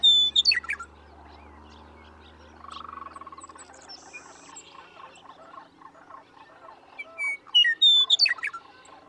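Western meadowlark song: a loud phrase of sweet whistles slurring downward and ending in a gurgle, heard at the start and again near the end, with softer bird chatter between.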